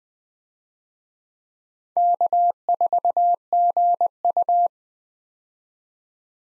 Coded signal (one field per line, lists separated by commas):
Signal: Morse code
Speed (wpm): 20 wpm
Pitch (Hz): 700 Hz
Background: none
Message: K4GU